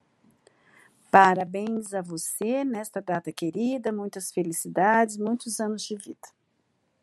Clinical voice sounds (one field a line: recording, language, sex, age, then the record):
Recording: short text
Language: Brazilian Portuguese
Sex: female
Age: 50 to 59 years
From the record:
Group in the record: control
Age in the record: 56 years